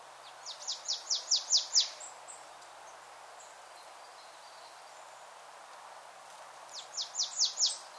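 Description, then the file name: Marsh Tit calling twice: a rapid series of about seven high, downslurred notes growing louder, a long quiet gap, then a shorter matching series. "Poecile palustris"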